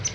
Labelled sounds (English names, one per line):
Palm Warbler flight call